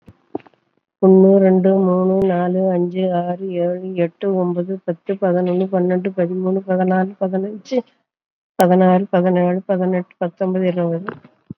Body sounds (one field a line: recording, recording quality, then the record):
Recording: counting at a normal pace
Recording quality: excellent, no background noise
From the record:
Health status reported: COVID-19 positive, mild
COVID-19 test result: positive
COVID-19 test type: RT-PCR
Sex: female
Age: 74 years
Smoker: no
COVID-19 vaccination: both doses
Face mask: not worn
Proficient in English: no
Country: India